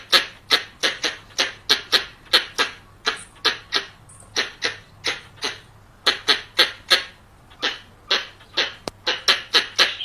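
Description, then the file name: Variable squirrel giving repeated harsh, noisy chuck calls in quick clusters separated by short pauses. "tieng soc do thai lan keu"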